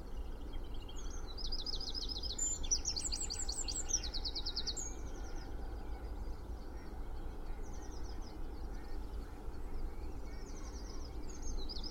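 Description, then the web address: Birds singing together in a dawn chorus, several high, rapid trilled and repeated phrases overlapping, over a steady low rumble of traffic. Spring dawn chorus in Cheshire, UK, with distant traffic noise. "beanstalk-audio Spring dawn chorus with distant traffic noise Cheshire UK"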